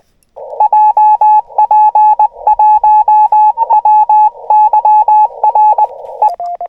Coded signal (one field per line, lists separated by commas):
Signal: Morse code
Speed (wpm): 20 wpm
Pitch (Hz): 850 Hz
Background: radio noise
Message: JP1WYR E